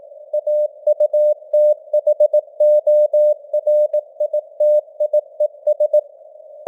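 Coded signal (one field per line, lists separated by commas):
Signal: Morse code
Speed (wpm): 18 wpm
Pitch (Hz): 600 Hz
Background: none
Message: AUTHORITIES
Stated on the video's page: Computer-generated Morse news headlines at 18 wpm with simulated radio noise and varying signal strength (QSB).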